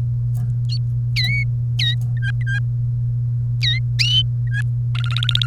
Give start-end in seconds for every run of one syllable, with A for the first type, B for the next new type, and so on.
1.16-1.44 A, 1.79-1.94 A, 2.17-2.58 B, 3.62-3.79 A, 4.47-4.61 B, 4.95-5.46 C